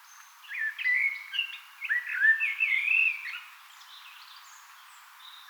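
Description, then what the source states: Eurasian blackbird singing one flowing, fluted phrase with scratchy high notes, trailing off into quiet. Singing on 18 April 2025.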